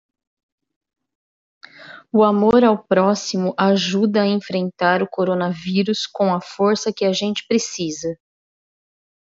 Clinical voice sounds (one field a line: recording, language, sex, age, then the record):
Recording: spoken sentence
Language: Brazilian Portuguese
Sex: female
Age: 40 to 49 years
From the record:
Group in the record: control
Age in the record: 40 years